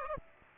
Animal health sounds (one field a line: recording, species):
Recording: mosquito wingbeat signal from an infrared sensor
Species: Aedes aegypti